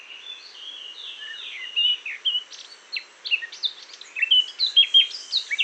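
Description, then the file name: Eurasian blackcap singing a lively, varied warble of scratchy notes mixed with clear fluting whistles, growing louder toward the end. "Sylvia atricapilla"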